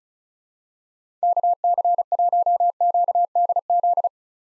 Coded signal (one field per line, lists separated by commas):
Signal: Morse code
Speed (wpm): 36 wpm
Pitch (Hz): 700 Hz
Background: none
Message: KC1QDZ